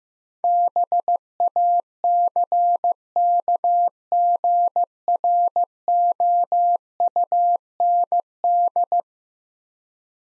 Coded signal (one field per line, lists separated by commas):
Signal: Morse code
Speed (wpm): 15 wpm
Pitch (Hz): 700 Hz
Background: none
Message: BACKGROUND